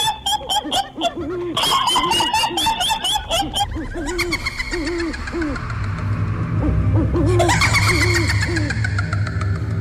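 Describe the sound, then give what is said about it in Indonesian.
Eerie, ghostly giggling coming from a grave rises and falls in quick repeated pulses with a wavering, hooting pitch, set over a steady low rumble and scattered clicking noises, with no talking. “Bersama dengan suara cekikikan itu, muncul asap tipis berwarna putih mengudara dari dalam makam.”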